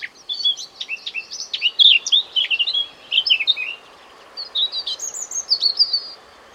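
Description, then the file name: Eurasian blackcap singing a rapid, chattering warble of mixed notes, pausing briefly, then resuming with higher clear phrases over a steady low background hiss. "Sylvia atricapilla"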